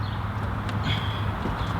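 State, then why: Not seated. The second hose connector of a Forge Motorsport oil catch can on an MK7 GTI is being pushed onto its fitting. A steady low hum runs throughout, with a faint high tone and soft handling noise but no sharp transient. Nothing has seated or clicked yet.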